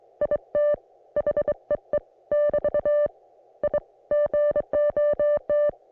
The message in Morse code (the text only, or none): IT HEE <BT> I GOT